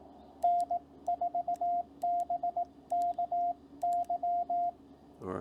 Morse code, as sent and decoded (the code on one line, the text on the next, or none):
-. ....- -... -.- -.--
N4BKY